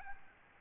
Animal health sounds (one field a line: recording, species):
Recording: mosquito wingbeat signal from an infrared sensor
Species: Aedes albopictus